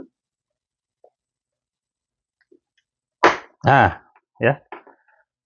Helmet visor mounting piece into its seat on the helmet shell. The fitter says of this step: Kalau udah masuk seperti ini, ini udah udah ngunci ya.